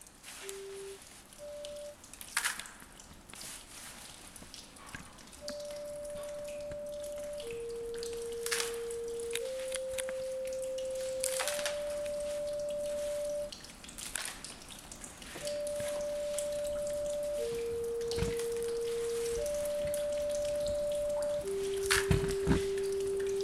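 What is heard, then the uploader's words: Rocks clack into a bucket in scattered sharp knocks, while a steady, pure mid-pitched tone shifts between a few notes throughout. Moving rocks into a bucket.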